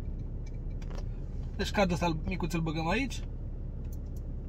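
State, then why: Seated. A small plastic microSD card is pushed into the side card slot of a Xiaomi 70mai M300 dashcam until the spring latch catches. Someone talks over a low rumble, a few faint ticks come early, and a short click at 3.9 s marks the card seating.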